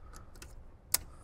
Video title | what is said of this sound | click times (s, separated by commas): Toyota Tundra Kicker JBL Amp Bypass Plug & Play 5-Channel Amp Bundle - 2014 - 2021 Toyota Tundra | make sure you hear that click | 0.9 s